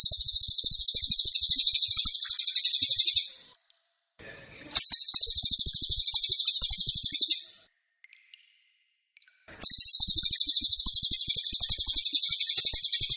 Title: Masteran Kombinasi KAPAS TEMBAK VS CILILIN Jernih Durasi Panjang